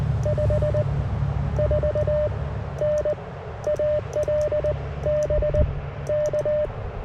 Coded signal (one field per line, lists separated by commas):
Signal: Morse code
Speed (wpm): 20 wpm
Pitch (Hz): 600 Hz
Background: none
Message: 5 4 N ALB K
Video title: 10M Loop And 30M Vertical CW POTA Activation